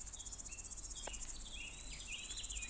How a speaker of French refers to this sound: Des grillons.